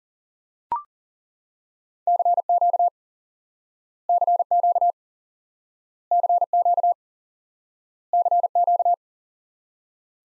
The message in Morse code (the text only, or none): CQ CQ CQ CQ